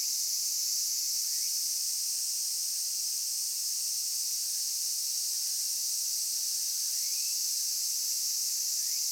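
Cicada buzzing song, continuous and intense from start to finish, with a few faint, quickly rising whistles heard behind the drone.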